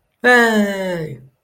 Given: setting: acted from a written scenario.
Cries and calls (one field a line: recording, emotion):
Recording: vocal sound without words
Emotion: triumph